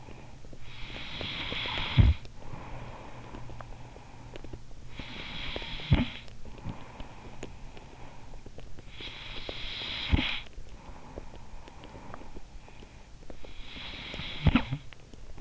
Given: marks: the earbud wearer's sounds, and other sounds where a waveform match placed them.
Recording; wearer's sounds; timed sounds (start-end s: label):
sounds in sleep by an in-ear microphone; snoring breath
0.39-12.82 s: snoring breath
13.20-15.41 s: snoring breath